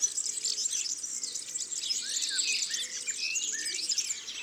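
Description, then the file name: European serin song, a dense, tinkling, high jingle without pause, accompanied by a few lower downslurred whistles from other birds. "Serin cini ABC des chants doiseaux"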